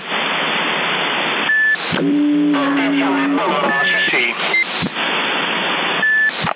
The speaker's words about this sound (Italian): portante muta, sente solo il bip.